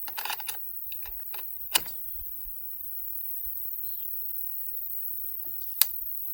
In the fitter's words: I got it. It clicked.